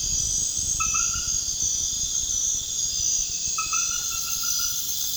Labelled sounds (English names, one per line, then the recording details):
none
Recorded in pastures near Puerto Asís, Putumayo, Colombia, on 30 June 2025 at 21:30
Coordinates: 0.466, -76.322
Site GP07